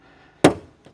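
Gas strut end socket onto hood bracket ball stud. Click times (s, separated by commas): 0.4 s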